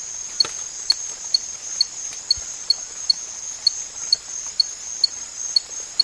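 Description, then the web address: Spot-legged poison frog calling in brief bright peeps about every half second, over constant high insect buzzing with a few faint clicks. Recorded in the Ecuadorian Amazon. "Natures Songs. Frogs of Ecuadorian Amazon Epipedobates pictus"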